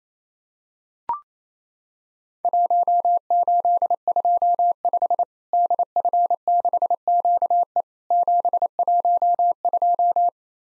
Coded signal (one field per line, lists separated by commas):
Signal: Morse code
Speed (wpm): 27 wpm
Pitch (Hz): 700 Hz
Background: none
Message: 1825 DF6QE 712